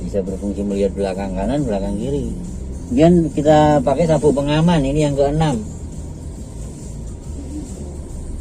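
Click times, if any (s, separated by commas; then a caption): none. Someone talks over a steady low hum as a student, after being told to put on the seat belt, pulls the belt across the body before inserting the seat belt tongue into the buckle. Nothing has clicked or seated yet in this stretch.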